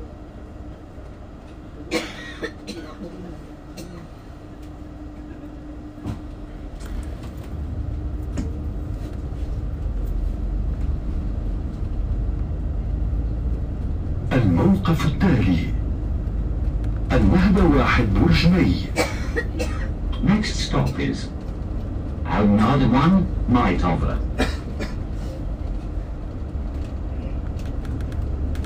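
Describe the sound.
A metro ride with a steady low rumble of the train running throughout, slowly growing louder. Voices speak in short bursts, mostly between about 14 and 25 seconds, with a few sharp clicks and knocks early on.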